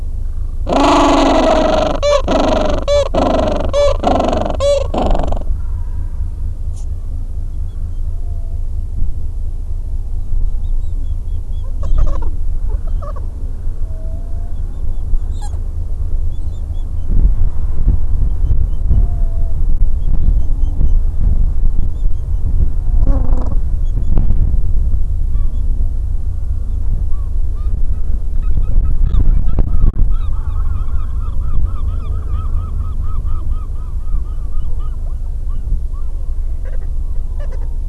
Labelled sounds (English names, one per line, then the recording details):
Gentoo Penguin
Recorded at the colony at Godthul, on 25 December 2014
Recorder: Song Meter SM2+